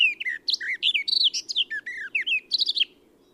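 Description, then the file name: Eurasian blackcap phrase of clear, separated whistled notes, mostly descending slurs, delivered quickly over about three seconds, with a quiet low hum in the background. "Sylvia atricapilla"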